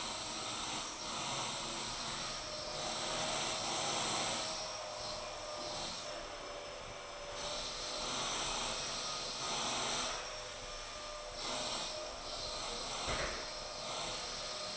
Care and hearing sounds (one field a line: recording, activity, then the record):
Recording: daily activity, microphone in the room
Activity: vacuum cleaning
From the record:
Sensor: 5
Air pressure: 999.4 hPa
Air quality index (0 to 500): 226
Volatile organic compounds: 23 ppm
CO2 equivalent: 2768 ppm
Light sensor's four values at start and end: 34/79/32/30 and 34/79/32/30